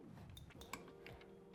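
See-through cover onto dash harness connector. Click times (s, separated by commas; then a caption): 0.4 s, 0.7 s. A clear see-through plastic cover is slid onto a dash wiring harness connector, after its pins are locked in, while installing a Tusk plug-and-play turn signal and horn kit on a 2024+ Polaris RZR XP/XP4 1000; the cover only slides on one way. Over a steady tonal background, small plastic ticks lead to two sharp clicks at 0.4 s and 0.7 s. The cover latches and is seated.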